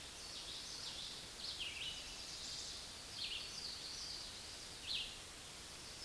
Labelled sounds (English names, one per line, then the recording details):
Red-eyed Vireo song
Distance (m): 45 m
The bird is about 10 m above the microphone
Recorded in a Pennsylvania forest on 16 May 2024 at 09:09
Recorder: AudioMoth, point MSD-1539
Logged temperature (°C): 16.0 °C
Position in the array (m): 147 m, 45 m